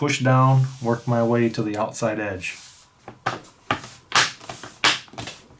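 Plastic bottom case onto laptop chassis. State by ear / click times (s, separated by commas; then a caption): seated / 3.7 s, 4.2 s, 4.9 s. Someone talks while pressing the lined-up plastic bottom case of an HP Pavilion 15cc/15ca/15cs laptop, reassembled after replacing its HT03XL battery, down from the middle outward onto the laptop body. Sharp snaps at 3.7, 4.2 and 4.9 seconds are the edge clips engaging, with softer rubbing sounds between them, and the case is seated.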